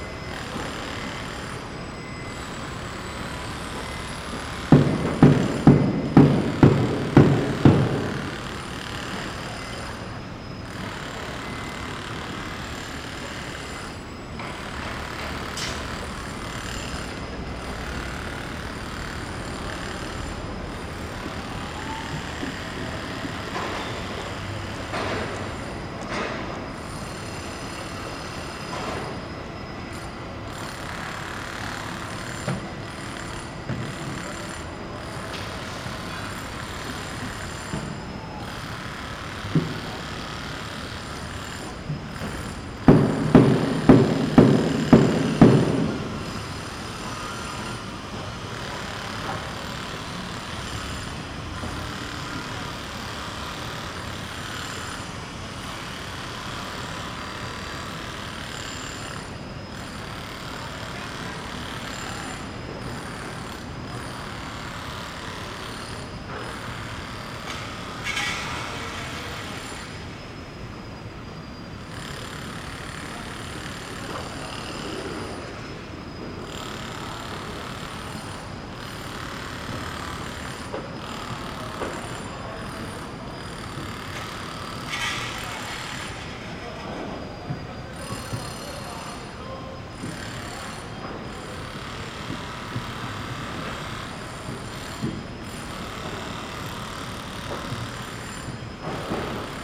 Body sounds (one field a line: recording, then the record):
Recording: background sound without coughing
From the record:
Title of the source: 30 MINUTES Construction Site Ambience (CC BY 4.0)